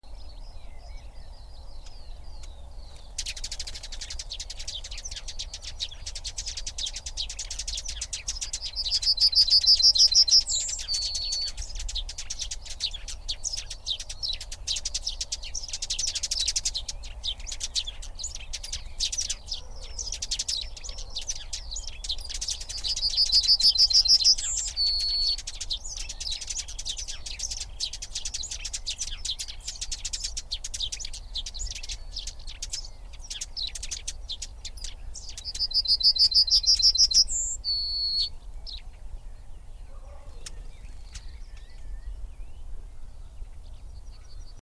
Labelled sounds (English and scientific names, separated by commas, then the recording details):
Eurasian Tree Sparrow (Passer montanus) call, Yellowhammer (Emberiza citrinella)
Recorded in the wild
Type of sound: call
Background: Emberiza citrinella
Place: Lübars (Fließtal), Berlin, DE
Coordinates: 52.6167, 13.35
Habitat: meadow
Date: 1998-06-13 19:52
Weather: fair, 15°C
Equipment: Sony MD-WM MZ-R3, Sennheiser MKH 416 T, Kopie Uher 4000 Report Monitor
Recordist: Tembrock, Günter
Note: 8:52 bis 21:04 min), Wiese bei Lübars